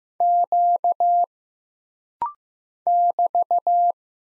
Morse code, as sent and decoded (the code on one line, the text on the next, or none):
--.- / -...-
Q <BT>